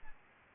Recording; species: mosquito wingbeat signal from an infrared sensor; Aedes albopictus